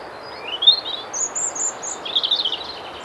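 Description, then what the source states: European robin singing high, sweet, scratchy notes in a few short phrases over a quiet, faintly hissing background. Recent recording of a bright, almost brash robin singing in the foreground, in a small clearing in woods on a windy day.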